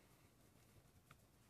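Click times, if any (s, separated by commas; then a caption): 1.1 s. A bamboo snap-on back cover is pressed around its edges onto a OnePlus One smartphone so its plastic clips seat. Over a quiet background, one short snap is heard at 1.1 s, and the cover ends up seated all the way around.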